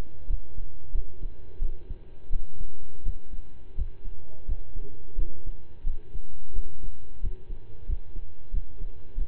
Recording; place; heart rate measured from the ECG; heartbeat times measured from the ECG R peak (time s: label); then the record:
heart sounds by stethoscope; between the tricuspid and mitral areas; 88 bpm
0.26 s: heartbeat
0.91 s: heartbeat
1.58 s: heartbeat
2.29 s: heartbeat
3.02 s: heartbeat
3.74 s: heartbeat
4.45 s: heartbeat
5.15 s: heartbeat
5.83 s: heartbeat
6.52 s: heartbeat
7.20 s: heartbeat
7.85 s: heartbeat
8.50 s: heartbeat
9.14 s: heartbeat
From the record:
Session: slow and fast walking with breaks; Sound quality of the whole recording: saturated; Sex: male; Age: 25 years